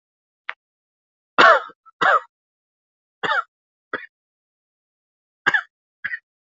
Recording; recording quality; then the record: shallow voluntary cough; excellent, no background noise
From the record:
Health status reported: healthy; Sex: male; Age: 28 years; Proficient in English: yes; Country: India